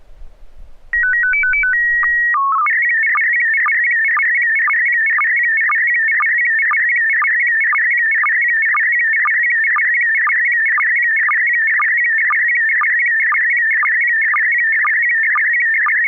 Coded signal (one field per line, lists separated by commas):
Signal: SSTV (slow-scan television)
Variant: PD 120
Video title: N6NA SSTV Net - 08/30/2023